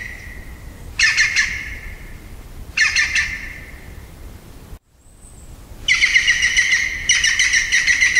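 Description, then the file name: European Green Woodpecker song: short, rapid bursts of harsh, ringing notes. Two brief bursts are followed after a pause by two longer runs. "Picchio verde canto (Picus viridis)"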